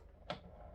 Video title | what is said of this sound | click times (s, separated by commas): 3DPUK presents the new Bambu Lab X1 Carbon with AMS system unboxing and Build #3dprinting #bambu | and then just clicks into place and with the six pin it actually fits | 0.3 s